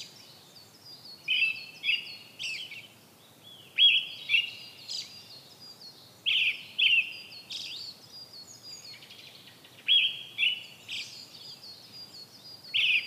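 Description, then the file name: Brown-headed thrush delivering short whistled phrases every few seconds, with fainter high notes between. "akahara"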